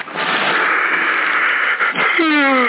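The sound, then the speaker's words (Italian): A long, breathy yawn: about two seconds of loud airy inhaling that ends in a short voiced groan sliding down in pitch. “A me, lo vedi, lo sbadiglio. Famedario, mi sto annoiando.”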